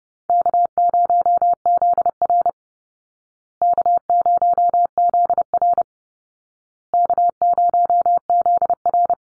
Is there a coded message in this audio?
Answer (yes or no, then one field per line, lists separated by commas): yes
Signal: Morse code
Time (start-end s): 0.3-9.1 s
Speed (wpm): 30 wpm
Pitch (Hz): 700 Hz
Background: none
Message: K0ZR K0ZR K0ZR